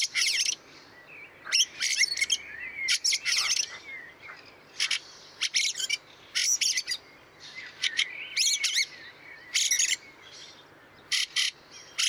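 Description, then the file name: Fieldfare calls: loud, harsh, rasping chack bursts repeated throughout, mixed with thin squeaky whistled notes between them. Recorded 26 April 2014. "Wacholderdrossel 26 04 2014 Wank GAR Michle Pron"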